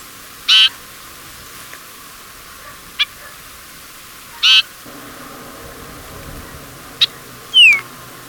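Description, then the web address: Golden-rumped euphonia calling with a few separate short high notes, ending in a slurred descending note, over faint background hiss. Ecuador. "Natures Songs S America Birds of Ecuador. Golden-Rumped Euphonia"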